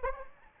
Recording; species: mosquito wingbeat signal from an infrared sensor; Anopheles gambiae